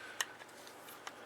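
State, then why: Seated. An AK bayonet is dropped into place on the rifle's muzzle and latches at the rear onto the gas block, with a sharp metallic click at 0.2 s and a fainter tick at 1.1 s. The bayonet is secured at the front and locked into place at the back.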